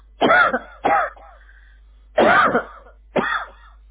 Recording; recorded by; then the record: voluntary cough; telephone call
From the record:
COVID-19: negative